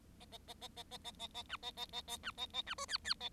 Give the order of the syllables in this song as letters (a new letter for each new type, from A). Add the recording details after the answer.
A A A A A A A A A B A A A A B A A B C D D A. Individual Bird7